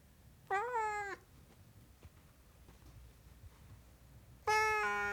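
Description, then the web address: Siamese cat meowing: two long, harmonic, wailing meows about four seconds apart, the second louder and held, with quiet background between. "The BBC Sound Effects Library (Cats) Siamese Cat Meowing"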